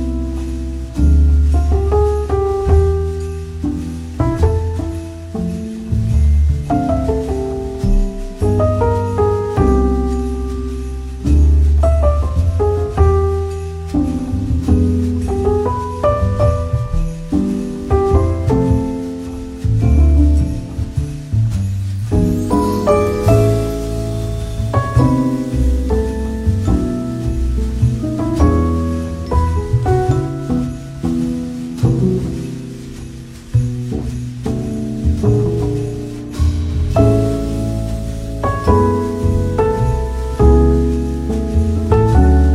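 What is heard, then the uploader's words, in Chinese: Elegant jazz plays in a café, a steady flow of warm low bass notes and bright melodic tones, with brief cymbal-like swells around 23 and 37 seconds. 在西西弗咖啡厅听着优雅的爵士乐看会书。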